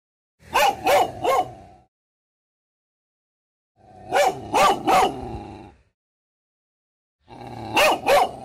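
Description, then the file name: Dog barking in three groups of about three rough barks each, spaced roughly three seconds apart. Dog barking described as terrifying. "Tieng cho sua kinh hoang"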